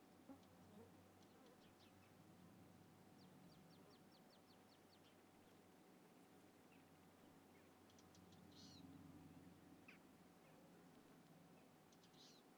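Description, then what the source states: Fly buzzing as a steady droning hum throughout, with scattered high chirping bird notes and short twittering bursts above it. Countryside atmosphere with birds and flies.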